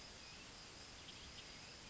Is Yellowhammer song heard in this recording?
no